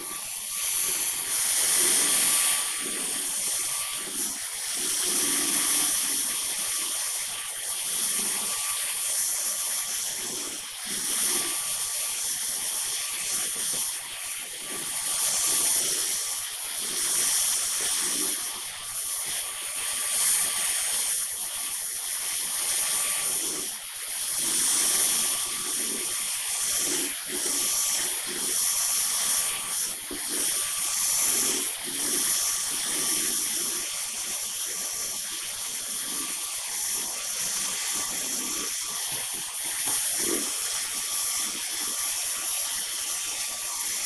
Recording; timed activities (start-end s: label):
household activities, microphone on the right wrist
0.00-44.06 s: vacuum cleaning